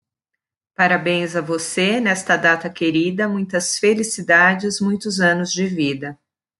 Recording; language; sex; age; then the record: short text; Brazilian Portuguese; female; 40 to 49 years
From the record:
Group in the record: control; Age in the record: 47 years